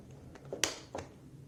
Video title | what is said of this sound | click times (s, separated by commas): How to Replace Quest 3 Face Cover/Facial Interface (Tutorial) | Until you hear a snap. It's good. | 0.6 s